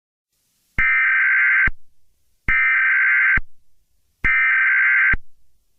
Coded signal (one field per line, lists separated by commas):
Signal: Emergency Alert System (SAME) tones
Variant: header bursts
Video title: EAS Scenario #10: Sonic.exe. Rampage.